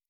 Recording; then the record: hydrophone in a shrimp aquaculture tank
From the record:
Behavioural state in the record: normal